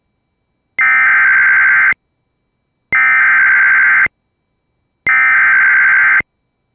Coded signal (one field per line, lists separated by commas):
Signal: Emergency Alert System (SAME) tones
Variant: header bursts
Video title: Severe Thunderstorm Warning EAS#158